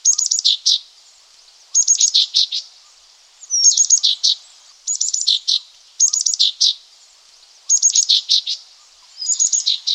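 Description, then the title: Green-backed tit with steady repeated calls: rapid high ticking runs ending in emphatic downward chips, about seven bursts over ten seconds, no other sounds clear. "G3latik b4t0. Green-backed Tit (Parus monticolus)"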